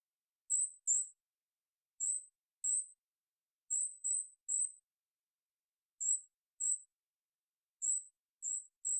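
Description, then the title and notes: Golden-crowned kinglet calls: very high, thin, short lisping notes, often paired, repeated irregularly throughout against a silent background. Calls recorded in the Pacific Northwest, Washington, United States; parabolic single-species recording, processed for clarity with natural pace and rhythm kept. "GoldenCrowned Kinglet Calls. Golden-crowned Kinglet, Regulus satrapa, calls. Recorded in the beautiful Pacific Northwest in Washington, Unister States"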